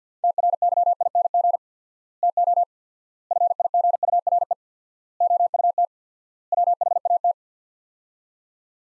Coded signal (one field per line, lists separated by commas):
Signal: Morse code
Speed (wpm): 50 wpm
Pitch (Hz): 700 Hz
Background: none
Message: TRYING TO FIGURE OUT WHAT